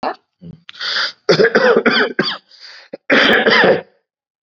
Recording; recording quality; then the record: heavy voluntary cough; excellent, no background noise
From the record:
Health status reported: COVID-19 positive, mild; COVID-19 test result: positive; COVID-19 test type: rapid antigen test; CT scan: not taken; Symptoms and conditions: cough, fever, fatigue, muscle pain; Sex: male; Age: 44 years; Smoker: no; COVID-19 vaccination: both doses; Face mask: worn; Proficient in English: yes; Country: India